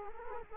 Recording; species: mosquito wingbeat signal from an infrared sensor; Culex quinquefasciatus